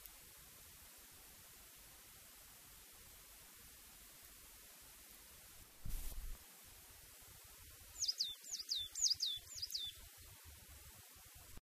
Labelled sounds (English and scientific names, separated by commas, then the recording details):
Coal Tit (Periparus ater)
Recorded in the wild
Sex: male
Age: adult
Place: Gräfenberg, Bayern, DE
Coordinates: 49.665, 11.2611
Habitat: forest
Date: 1963-04-21
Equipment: Nagra, AKG D19/200, Original, Vollspur
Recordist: Tretzel, Erwin